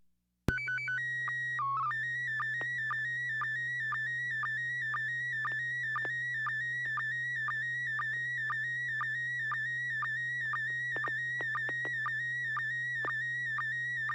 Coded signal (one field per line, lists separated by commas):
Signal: SSTV (slow-scan television)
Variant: PD 120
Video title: N6NA SSTV Net - 05/31/2023